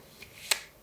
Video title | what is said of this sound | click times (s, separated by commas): CANON R5 lenti EF con anello adattatore - Canon EF24-70mm f/2.8 L USM II su Mirrorless full frame | a questo punto andiamo a ruotare finché non sentiamo un altro click Ed ecco che la nostra lente è diventato un pezzo unico con l'anello adattatore | 0.5 s